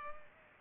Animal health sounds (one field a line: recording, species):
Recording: mosquito wingbeat signal from an infrared sensor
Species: Culex pipiens